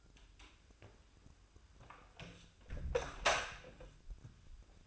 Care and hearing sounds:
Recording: daily activity, microphone in the room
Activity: close door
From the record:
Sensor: 2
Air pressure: 1004.8 hPa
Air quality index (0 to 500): 71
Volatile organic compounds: 1 ppm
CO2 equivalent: 836 ppm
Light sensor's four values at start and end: 7/17/7/7 and 7/17/7/7

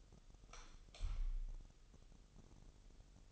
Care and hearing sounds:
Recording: daily activity, microphone in the room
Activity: light off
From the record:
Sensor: 4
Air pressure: 989.2 hPa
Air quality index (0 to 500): 220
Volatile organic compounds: 75 ppm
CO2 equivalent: 3564 ppm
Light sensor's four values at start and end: 27/92/34/35 and 25/80/30/30

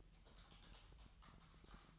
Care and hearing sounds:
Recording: daily activity, microphone in the room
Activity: typing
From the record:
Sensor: 3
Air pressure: 1002.0 hPa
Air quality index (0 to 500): 246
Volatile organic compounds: 50 ppm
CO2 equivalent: 3295 ppm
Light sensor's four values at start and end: 13/41/17/15 and 13/41/17/15

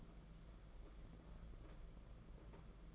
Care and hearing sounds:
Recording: daily activity, microphone in the room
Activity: take from stove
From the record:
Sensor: 5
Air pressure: 992.2 hPa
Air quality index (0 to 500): 210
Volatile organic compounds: 1000 ppm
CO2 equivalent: 6085 ppm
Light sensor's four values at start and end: 6/14/5/6 and 6/14/5/6

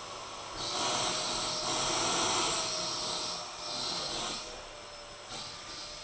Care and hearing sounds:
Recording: daily activity, microphone in the room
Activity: vacuum cleaning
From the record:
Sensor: 5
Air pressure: 999.4 hPa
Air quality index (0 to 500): 226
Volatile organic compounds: 23 ppm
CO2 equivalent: 2768 ppm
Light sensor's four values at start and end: 34/79/31/30 and 34/79/31/30

